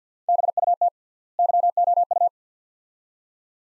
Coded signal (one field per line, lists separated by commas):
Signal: Morse code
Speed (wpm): 50 wpm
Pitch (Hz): 700 Hz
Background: none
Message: BUT YOU